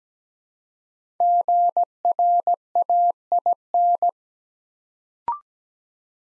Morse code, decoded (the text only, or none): GRAIN